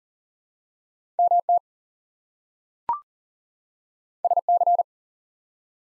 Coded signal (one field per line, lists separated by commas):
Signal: Morse code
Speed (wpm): 42 wpm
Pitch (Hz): 700 Hz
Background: none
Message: MT SC